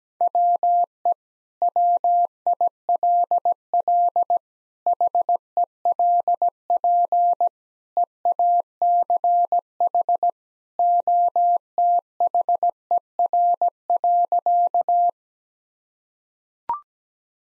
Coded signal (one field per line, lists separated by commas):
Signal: Morse code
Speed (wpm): 17 wpm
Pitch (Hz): 700 Hz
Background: none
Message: WE WILL HELP EACH OTHER.